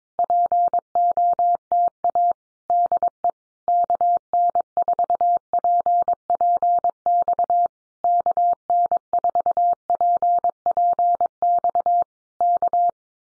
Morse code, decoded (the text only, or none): POTA DE KN4PPX KN4PPX K